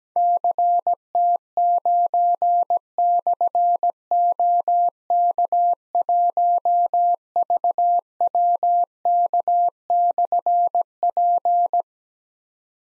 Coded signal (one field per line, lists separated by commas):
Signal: Morse code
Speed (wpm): 17 wpm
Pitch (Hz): 700 Hz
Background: none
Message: CT9/OK1VWK/P